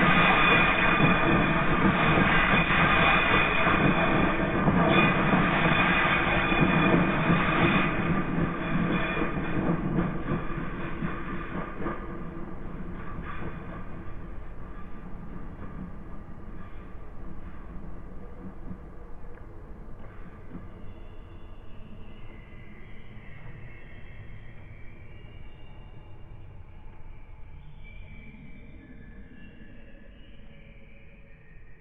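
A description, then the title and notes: A train rumbles past, its heavy, dense clatter loudest in the first ten seconds and then steadily fading as it pulls away. By the end only a soft roll remains, with faint high squeals from the wheels drifting in. Then real train recordings from a British railcam were brought into to represent the “real” world.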